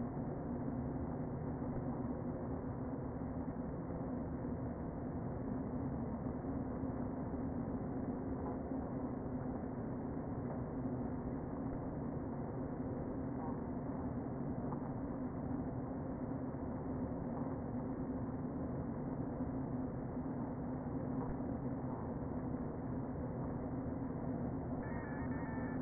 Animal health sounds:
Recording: honeybee colony, microphone inside the hive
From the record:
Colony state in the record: queen present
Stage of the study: before two queens were removed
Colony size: about 60,000 bees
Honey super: yes

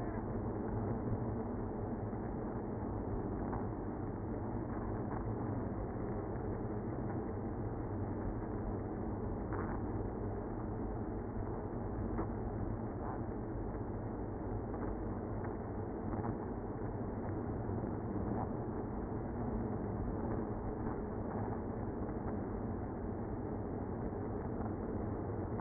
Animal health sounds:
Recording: honeybee colony, microphone inside the hive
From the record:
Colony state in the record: queenless (queen removed)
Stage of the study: after two queens were removed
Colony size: about 60,000 bees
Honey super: yes

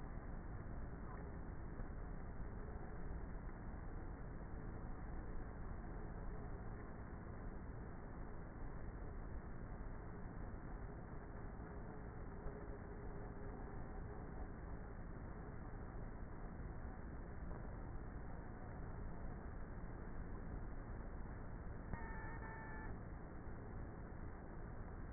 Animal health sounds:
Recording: honeybee colony, microphone inside the hive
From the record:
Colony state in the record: queenless with a low population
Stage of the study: before two queens were removed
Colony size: about 30,000 bees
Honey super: no

